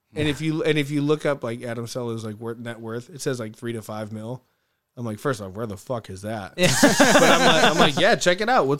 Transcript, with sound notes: And if you, and if you look up, like Adam Sell is like worth net worth, it says like three to five mil. I'm like, first of all, where the fuck is that? (laughing) But I'm like, yeah, check it out.